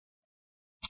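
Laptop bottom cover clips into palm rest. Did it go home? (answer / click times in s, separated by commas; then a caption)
yes / 0.9 s. The plastic bottom cover of an HP 15 db0004 laptop, hooked in at the I/O side, is pressed down at the corners so its plastic clips snap into the palm rest. After near silence, a sharp broadband click is heard at 0.9 s. The cover clips snap home and the cover is seated.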